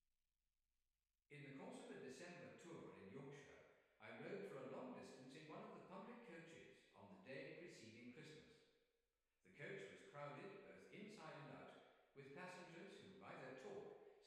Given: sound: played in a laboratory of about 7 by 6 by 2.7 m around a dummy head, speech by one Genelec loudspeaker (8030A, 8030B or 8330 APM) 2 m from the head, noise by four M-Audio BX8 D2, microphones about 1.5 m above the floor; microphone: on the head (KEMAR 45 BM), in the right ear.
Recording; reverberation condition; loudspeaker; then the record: male speech in English; high; 90 degrees to the left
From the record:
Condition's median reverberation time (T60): about 1300 ms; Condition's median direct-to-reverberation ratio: about -4.0 dB